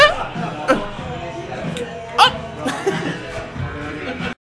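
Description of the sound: Sharp, abrupt vocal catches break into the sung, voiced sounds of a seated adult about three times in four seconds, typical of hiccups while singing.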